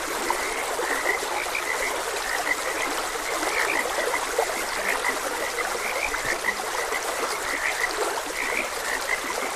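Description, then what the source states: Frogs call with quick, scattered croaks throughout, layered over a steady trickling and rushing stream. Frogs croaking beside a gentle stream.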